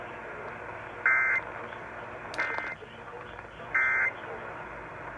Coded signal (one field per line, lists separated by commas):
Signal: Emergency Alert System (SAME) tones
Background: speech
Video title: Multiple days of a alerts EAS# 190-223 8/5/20-8/8/20